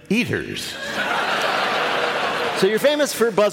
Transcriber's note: laughter